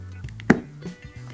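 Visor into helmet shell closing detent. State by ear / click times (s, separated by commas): seated / 0.5 s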